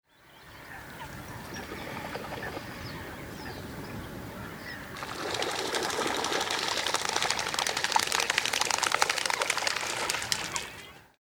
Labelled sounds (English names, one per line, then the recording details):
Eurasian Coot
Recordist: Frommolt, Karl-Heinz
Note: auffliegende Blässrallen